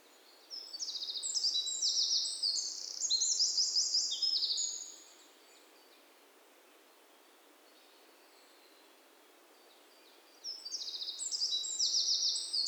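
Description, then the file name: Eurasian wren delivering a loud burst of rapid, shrill trills for a few seconds, then several seconds of quiet before a second energetic outburst begins. "Troglodytes troglodytes"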